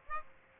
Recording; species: mosquito wingbeat signal from an infrared sensor; Aedes aegypti